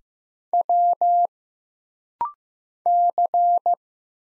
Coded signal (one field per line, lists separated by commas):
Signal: Morse code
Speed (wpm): 15 wpm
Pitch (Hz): 700 Hz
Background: none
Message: W C